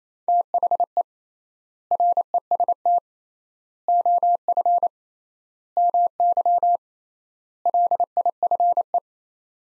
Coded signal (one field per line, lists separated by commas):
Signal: Morse code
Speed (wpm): 28 wpm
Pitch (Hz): 700 Hz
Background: none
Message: THE REST OF MY LIFE